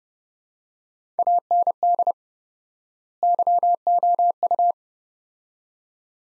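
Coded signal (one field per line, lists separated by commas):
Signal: Morse code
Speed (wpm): 30 wpm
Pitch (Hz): 700 Hz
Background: none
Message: AND YOU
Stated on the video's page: Morse practice sets of two words at 30 wpm with 4x word spacing, a word-level analogue of Farnsworth spacing, for head-copy training.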